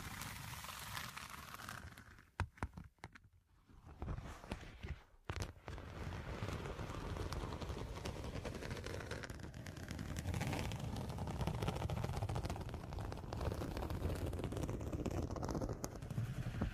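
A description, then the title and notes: Scratching, loud and continuous, a rough, dense rasp that covers everything from deep rumble to bright hiss. Around two to five seconds it breaks into sharp clicks and short gaps, then settles into a steady, heavy scrape that swells slightly toward the end. Pure Scratching.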